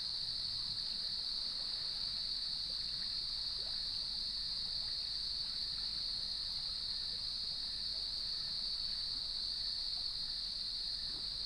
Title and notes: Sounds of Leelanau Peninsula: Lighthouse West Natural Area. Nature is my Jam. As I approached the beach, the sun was just setting, and the crickets made themselves known